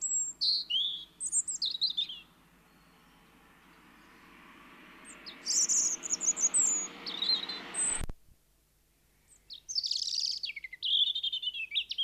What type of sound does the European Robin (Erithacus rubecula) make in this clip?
song